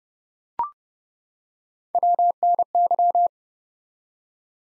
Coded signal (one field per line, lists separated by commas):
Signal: Morse code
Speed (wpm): 30 wpm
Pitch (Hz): 700 Hz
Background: none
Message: WNY